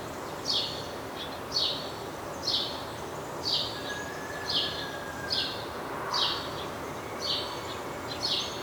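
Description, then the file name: House sparrow calling: about nine evenly spaced chirps, one per second, a faint thin whistle midway, over continuous background noise. "Passer domesticus"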